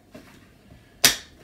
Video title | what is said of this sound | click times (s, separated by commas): Unboxing and Assembling a Brand New Nuna Demi Grow | just a matter of having it angled towards you and then clicking it into place here until | 1.1 s